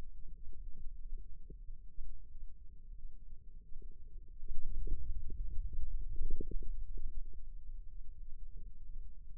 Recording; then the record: forearm muscle sounds (acoustic myography)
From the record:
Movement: ulnar deviation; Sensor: system 2, bracelet of six BSWA MPA416 microphones around the upper forearm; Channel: 6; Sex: male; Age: 22 years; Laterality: right